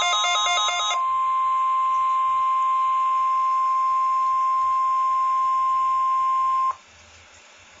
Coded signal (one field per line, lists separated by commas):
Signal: Emergency Alert System (SAME) tones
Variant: 1050 Hz attention tone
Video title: RWT (EAS 91)